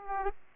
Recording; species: mosquito wingbeat signal from an infrared sensor; Aedes aegypti